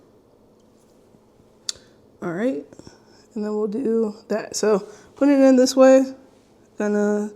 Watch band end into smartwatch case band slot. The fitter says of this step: So attach one side of the band until you hear a click.